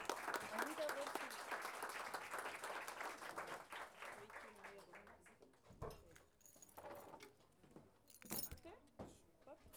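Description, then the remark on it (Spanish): A crowd applauds in a dense, loud burst of clapping for the opening of Chantus, gradually thinning out over about five seconds, leaving a few scattered claps and faint murmurs. “Así que, sin más, un aplauso sin feminista para este comienzo de Chantus.”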